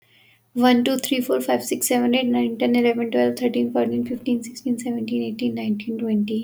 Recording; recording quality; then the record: counting at a fast pace; excellent, no background noise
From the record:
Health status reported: healthy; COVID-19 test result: negative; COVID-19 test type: RT-PCR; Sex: female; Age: 21 years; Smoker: no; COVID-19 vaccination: one dose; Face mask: not worn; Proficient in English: yes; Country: India